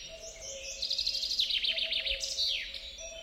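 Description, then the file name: Common chaffinch song: a rapid series of descending trill notes leading into a final flourish, with a steady low hum underneath. "Fringilla coelebs"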